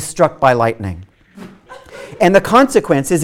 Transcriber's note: laughter